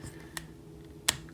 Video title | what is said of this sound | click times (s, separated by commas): Video Review: Transformers: Power of the Primes - Deluxe SNARL | a little notch that you'll feel them click | 1.1 s